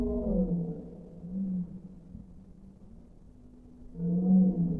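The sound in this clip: Whale moans: low, drawn-out moans with stacked overtones, dipping quieter in the middle before a strong moan returns near the end.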